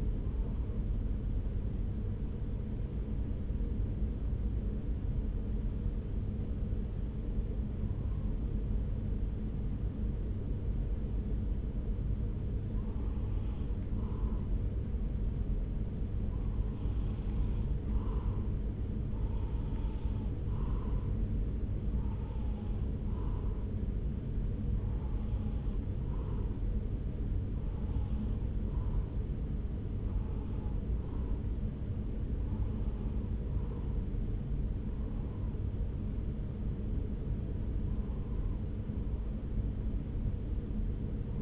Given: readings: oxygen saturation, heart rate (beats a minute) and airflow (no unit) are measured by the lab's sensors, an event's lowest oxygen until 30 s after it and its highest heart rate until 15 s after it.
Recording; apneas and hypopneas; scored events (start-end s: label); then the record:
breathing in sleep by a smartphone at the bedside; 1
3.00-16.50 s: hypopnea (N1, oxygen 96% highest, then 93% lowest)
20.00-41.42 s: new sleep stage, N2 (light sleep)
From the record:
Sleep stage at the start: N1 (lightest sleep); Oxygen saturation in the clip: 93 to 96%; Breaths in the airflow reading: 13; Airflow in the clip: -3.4 to 2.3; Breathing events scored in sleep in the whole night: 335 in 6.7 hours asleep